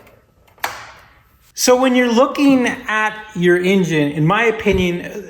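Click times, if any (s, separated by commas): 0.6 s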